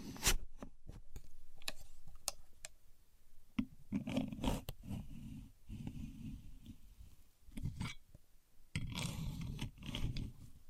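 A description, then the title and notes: Someone is using a contour gauge, its pins clicking and scraping in a string of sharp ticks through the first three seconds. After that come longer rough scraping passes and shuffling, bursts near four, six and nine seconds. There is a light jangle and rustle between them. Using A Contour Gauge (No Talking).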